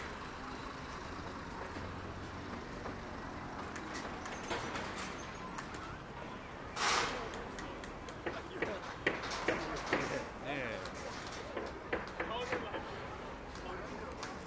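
Daytime street sound in Akihabara: a steady, dense wash of traffic noise with voices chattering throughout. A brief loud rushing swell rises around the seven-second mark, and sharp clicks and knocks pop up repeatedly between nine and thirteen seconds.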